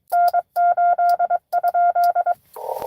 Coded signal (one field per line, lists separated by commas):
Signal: Morse code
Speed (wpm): 22 wpm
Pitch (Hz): 690 Hz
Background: none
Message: N8?